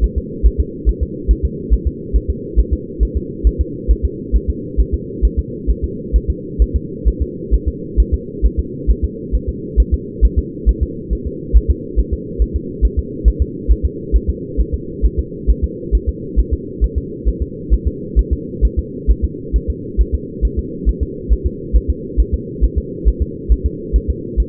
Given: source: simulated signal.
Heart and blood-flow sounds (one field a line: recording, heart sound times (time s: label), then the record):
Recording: fetal heart sounds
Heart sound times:
0.04 s: S1
0.18 s: S2
0.46 s: S1
0.60 s: S2
0.89 s: S1
1.03 s: S2
1.31 s: S1
1.45 s: S2
1.74 s: S1
1.87 s: S2
2.16 s: S1
2.30 s: S2
2.59 s: S1
2.73 s: S2
3.03 s: S1
3.17 s: S2
3.47 s: S1
3.61 s: S2
3.91 s: S1
4.05 s: S2
4.36 s: S1
4.50 s: S2
4.80 s: S1
4.94 s: S2
5.25 s: S1
5.39 s: S2
5.70 s: S1
5.84 s: S2
6.16 s: S1
6.30 s: S2
6.62 s: S1
6.76 s: S2
7.08 s: S1
7.22 s: S2
7.54 s: S1
7.68 s: S2
8.00 s: S1
8.14 s: S2
8.46 s: S1
8.59 s: S2
8.90 s: S1
9.04 s: S2
9.35 s: S1
9.49 s: S2
9.80 s: S1
9.94 s: S2
10.25 s: S1
10.38 s: S2
10.69 s: S1
10.83 s: S2
11.13 s: S1
11.27 s: S2
11.56 s: S1
11.71 s: S2
11.99 s: S1
12.13 s: S2
12.42 s: S1
12.56 s: S2
12.85 s: S1
12.99 s: S2
13.28 s: S1
13.42 s: S2
13.71 s: S1
13.85 s: S2
14.16 s: S1
14.30 s: S2
14.60 s: S1
14.74 s: S2
15.05 s: S1
15.19 s: S2
15.50 s: S1
15.64 s: S2
15.95 s: S1
16.09 s: S2
16.39 s: S1
16.53 s: S2
16.84 s: S1
16.98 s: S2
17.29 s: S1
17.42 s: S2
17.73 s: S1
17.87 s: S2
18.19 s: S1
18.33 s: S2
18.65 s: S1
18.79 s: S2
19.11 s: S1
19.25 s: S2
19.56 s: S1
19.70 s: S2
20.01 s: S1
20.15 s: S2
20.45 s: S1
20.59 s: S2
20.89 s: S1
21.03 s: S2
21.32 s: S1
21.46 s: S2
21.76 s: S1
21.90 s: S2
22.20 s: S1
22.34 s: S2
22.64 s: S1
22.78 s: S2
23.08 s: S1
23.22 s: S2
23.52 s: S1
23.66 s: S2
23.96 s: S1
24.10 s: S2
24.40 s: S1
From the record:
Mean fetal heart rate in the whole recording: 135 bpm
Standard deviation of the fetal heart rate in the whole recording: 3 bpm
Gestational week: 34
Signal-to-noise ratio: -4.1 dB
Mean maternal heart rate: no maternal heart sound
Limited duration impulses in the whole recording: absent